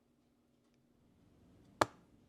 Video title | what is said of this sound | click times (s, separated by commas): ZAFRO EliteCool Portable A/C - Basic Assembly Guide (Models YAC-08CPD & YAC-10CPD) | Align and push the exhaust hose into the window panel until you hear it click. | 1.8 s